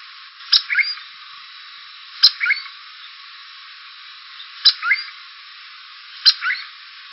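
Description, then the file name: Cuckoo calling four times, each call a sharp click then a quick tumbling series of warbled notes, spaced roughly two seconds apart against light background hiss. "GBAN Core"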